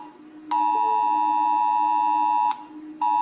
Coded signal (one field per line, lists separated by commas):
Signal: Emergency Alert System (SAME) tones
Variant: 853 and 960 Hz attention tone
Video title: Rating EAS tones (cuz everyone does)